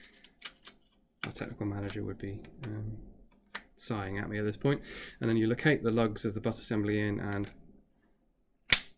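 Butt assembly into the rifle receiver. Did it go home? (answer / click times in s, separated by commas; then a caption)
yes / 8.7 s. Someone talks while reassembling a bullpup rifle, locating the lugs of the butt assembly and pushing it into the rifle receiver. The metal catch engages with a sharp click at 8.7 s, seating the butt assembly in place. A few faint ticks are heard near the start before the talking begins.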